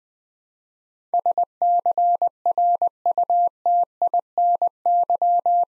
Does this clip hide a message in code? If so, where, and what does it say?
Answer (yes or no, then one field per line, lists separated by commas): yes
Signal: Morse code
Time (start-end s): 1.1-5.6 s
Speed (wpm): 20 wpm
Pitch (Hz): 700 Hz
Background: none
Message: SCRUTINY